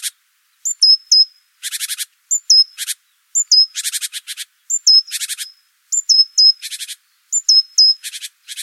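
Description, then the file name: Great tit repeating a pattern of thin, falling high notes and scratchy buzzing churrs, clear against silence. "Parus major"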